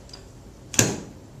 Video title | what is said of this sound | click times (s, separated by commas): Button Making | nice little click make sure you push down with some pressure then | 0.7 s, 0.8 s